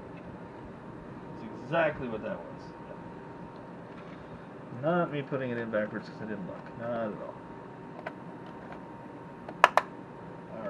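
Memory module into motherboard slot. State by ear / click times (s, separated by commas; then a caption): seated / 9.6 s, 9.8 s. A memory module is pressed into its motherboard slot while someone talks, with a few faint taps along the way. Two sharp clicks at 9.6 and 9.8 seconds mark the retaining clips snapping closed and the module seating.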